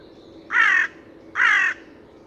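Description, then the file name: Carrion crow giving two harsh, hoarse caws about a second apart against a quiet background. "Corvus corone"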